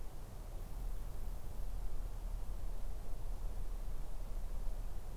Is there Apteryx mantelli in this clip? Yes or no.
no